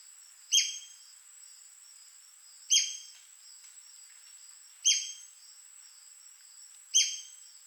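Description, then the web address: White-crested spadebill repeating a sharp, emphatic falling note four times at about two-second intervals over a steady buzzy insect-like background drone. "White crested spadebill. پرنده-بیلچه-نوک-کاکل-سفید"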